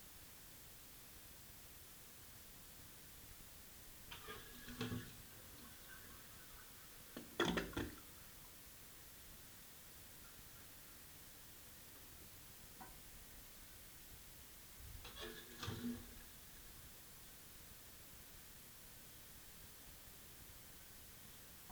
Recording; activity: daily activity, guitar pickup as the sensor; flush